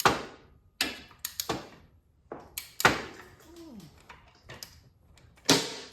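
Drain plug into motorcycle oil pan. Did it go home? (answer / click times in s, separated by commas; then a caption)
no / none. A torque wrench turns the oil drain plug into the aluminum oil pan of a big twin Evo motorcycle, making sharp metallic knocks and taps at about 0.1, 0.8, 1.4, 2.8 and 5.5 seconds. The wrench never reaches its setting and nothing clicks, because the plug isn't biting and the pan threads are stripped out.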